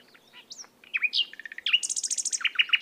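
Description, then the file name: Common nightingale song: varied slurred whistles and down-swept notes, then a fast run of high repeated notes and a series of harsher rhythmic notes. "Luscinia megarhynchos"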